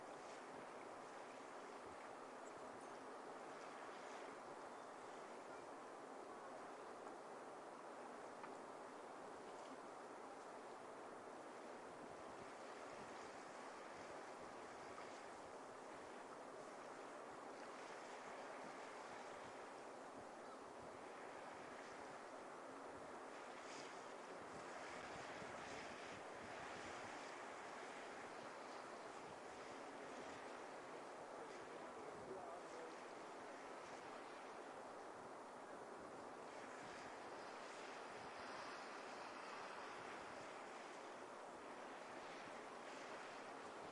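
Ocean waves wash steadily onto a beach in a dense, continuous roar with soft surges, and brighter hiss rising around 24 and 36 seconds.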